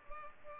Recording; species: mosquito wingbeat signal from an infrared sensor; Culex pipiens